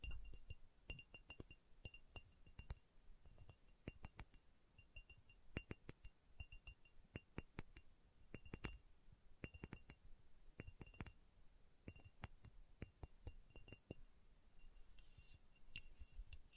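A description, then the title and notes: Slow tapping on a hard surface, each tap sharp and bright with a glassy, clinking ring. The taps come unevenly, sometimes singly, sometimes in quick pairs or short clusters, with quiet gaps between. Near the end a brief high shimmer appears. ASMR Slow Tapping for Deep Sleep (No Talking).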